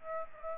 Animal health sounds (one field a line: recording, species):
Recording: mosquito wingbeat signal from an infrared sensor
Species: Aedes aegypti